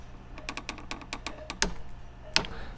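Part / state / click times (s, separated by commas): torque wrench tightening a barrel nut onto a rifle upper receiver / torque reached / 1.6 s, 2.4 s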